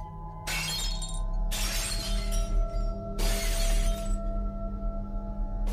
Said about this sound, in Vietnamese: Mấy cái bát mẻ nêu đất ở góc nhà, nó cũng cầm quăng toán loạn, tạo ra những âm thanh đổ vỡ loảng xoảng trong đêm khuya.